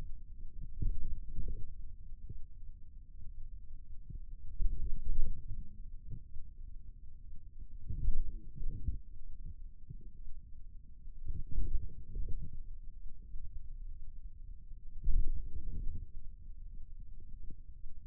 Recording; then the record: forearm muscle sounds (acoustic myography)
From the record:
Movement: ulnar deviation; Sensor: system 2, bracelet of six BSWA MPA416 microphones around the upper forearm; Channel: 3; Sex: male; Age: 22 years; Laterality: right